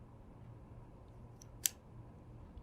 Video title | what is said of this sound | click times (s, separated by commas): Instructivo para la confección conector mecánico Infinium™ para Fibra Óptica | There's your click. | 1.7 s